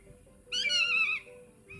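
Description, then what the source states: Common buzzard call: a single drawn-out, high mew lasting under a second, with faint tonal background sounds. Played example; the call is commonly described as a plaintive mewing.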